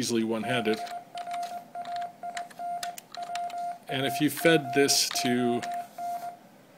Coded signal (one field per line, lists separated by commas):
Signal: Morse code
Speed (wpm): 20 wpm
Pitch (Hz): 700 Hz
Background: speech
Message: BRAINWAGON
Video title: An Arduino powered IBM PS/2 Morse Keyboard